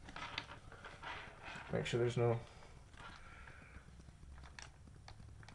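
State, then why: Seated. Someone talks while pushing a plastic paintball mask lens into the V-Force mask frame, matching up the tabs. A sharp click at 4.6 s marks the lens seating into the frame, followed by a few small ticks of handling.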